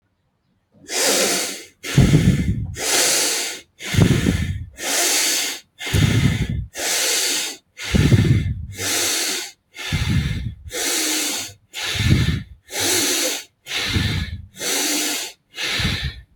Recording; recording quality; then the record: shallow breathing; excellent, no background noise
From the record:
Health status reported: healthy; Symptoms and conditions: none ticked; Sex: male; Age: 33 years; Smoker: not ticked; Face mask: not worn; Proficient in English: yes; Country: India